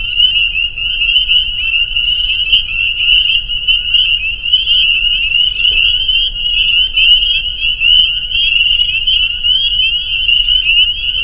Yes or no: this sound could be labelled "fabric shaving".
no